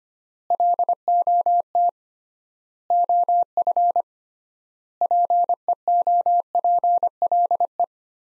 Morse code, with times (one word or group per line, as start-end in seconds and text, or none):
0.5-1.9 LOT
2.9-4.0 OF
5.0-7.8 PEOPLE